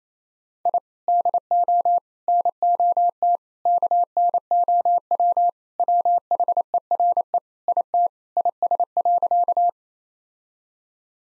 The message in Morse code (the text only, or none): I DO NOT KNOW WHERE IT IS.